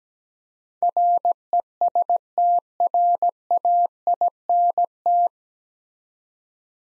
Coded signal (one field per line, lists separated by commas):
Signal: Morse code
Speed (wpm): 17 wpm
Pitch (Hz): 700 Hz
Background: none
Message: RESTRAINT